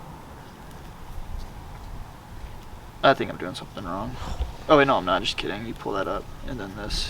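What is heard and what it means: Someone talks while handling the top cover of a plastic wire tap connector, lifting it up to bring it down over the harness wires while wiring fog lights on a 4Runner. The cover is handled but not yet home, and nothing has seated or clicked yet.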